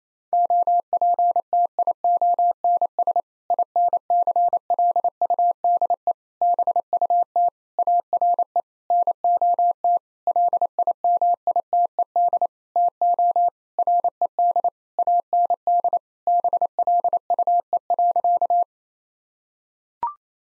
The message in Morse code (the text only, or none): OPTIONS INCLUDE BUT ARE NOT LIMITED TO RED AND BLUE.